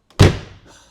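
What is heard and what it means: The rear door of an old Mercedes 280SE 4.5 sedan is shut, and its metal latch catches on the body striker with a faint click at 0.1 s. A louder, boomy thud follows and fades over about half a second. The latch closes, but without the solid clunk expected of this door.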